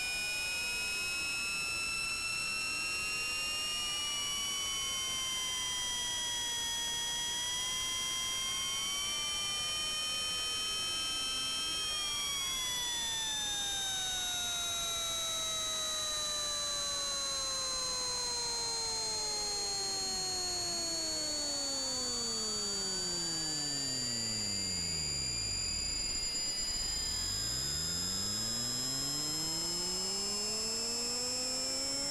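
An EMF detector held at the chest and then over the heart gives off a tangle of thin electronic whistles that glide slowly up and down at a steady volume. Near the end, one tone swoops down very low and climbs back up.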